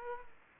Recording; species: mosquito wingbeat signal from an infrared sensor; Aedes aegypti